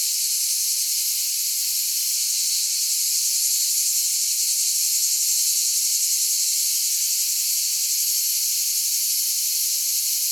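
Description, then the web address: Continuous shrill cicada drone, high and hissy, holding an even level from start to finish with a slight rapid pulsing texture. "cicale"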